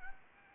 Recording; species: mosquito wingbeat signal from an infrared sensor; Anopheles gambiae